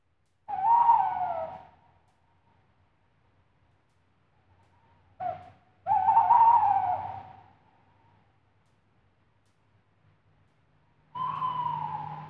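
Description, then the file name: Tawny owl calling with a series of long, slightly falling hoots, each around a second or more, separated by pauses, with a brief clipped note before the second. Recorded at night. "Animaux de nuit - chouette hulotte"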